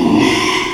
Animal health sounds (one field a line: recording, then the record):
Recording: squeal of a Yucatan mini pig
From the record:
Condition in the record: after surgery on the right vocal fold (resection and tissue-engineered implant)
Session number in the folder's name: 1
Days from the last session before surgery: 6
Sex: male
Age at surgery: 12 weeks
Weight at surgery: 13 kg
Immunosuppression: cyclosporine, prednisolone